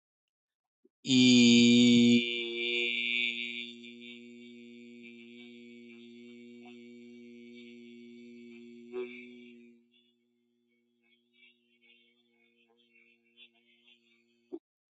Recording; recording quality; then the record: sustained vowel as in beet; excellent, no background noise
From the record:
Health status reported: healthy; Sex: male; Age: 29 years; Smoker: yes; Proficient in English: yes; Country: India